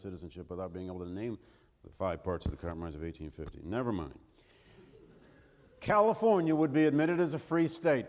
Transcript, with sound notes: citizenship without being able to name the five parts of the Compromise of 1850. Never mind. [laughter] California would be admitted as a free state.